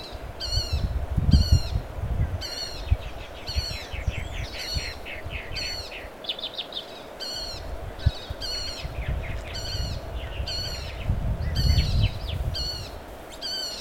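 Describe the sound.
Yellow-faced parrotlet calls: a steady series of rasping, buzzy notes about once per second, mixed with quicker chattering notes and low rumbling background noise.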